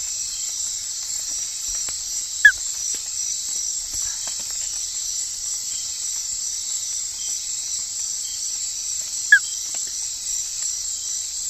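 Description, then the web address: Synapturanus rabus frog calling: two short, sharp whistle notes about seven seconds apart over a constant high buzzing insect chorus. Frog recorded in the Ecuadorian Amazon, South America. "Nature Songs S America Frogs of Ecuadorian Amazon Synapturanus rabus"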